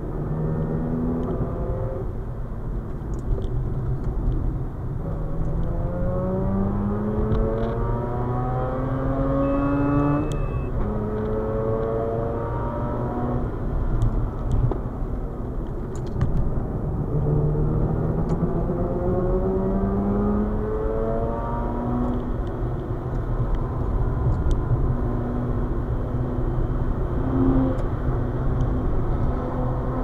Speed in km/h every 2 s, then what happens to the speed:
75, 52, 59, 79, 91, 101, 96, 67, 70, 91, 109, 105, 110, 111, 110.
0-2 brakes to 52. 3-11 speeds up to 101. 11-15 brakes to 67. 15-20 speeds up to 109. 20-30 steady at about 110.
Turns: 0-5, 13-19.